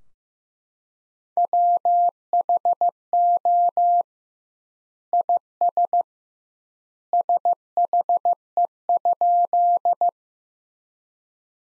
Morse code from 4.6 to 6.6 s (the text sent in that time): IS